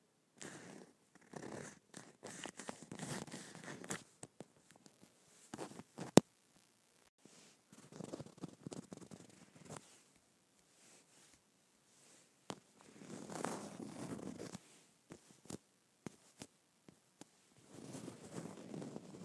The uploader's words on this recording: ASMR Scratching Leather.